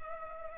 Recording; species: mosquito wingbeat signal from an infrared sensor; Culex pipiens